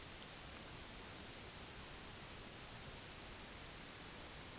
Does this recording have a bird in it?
no